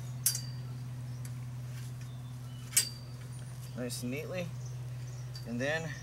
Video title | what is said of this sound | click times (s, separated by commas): How To Assemble The Ikuby Carport Car Shelter | this on here until it snaps in place nice | 0.3 s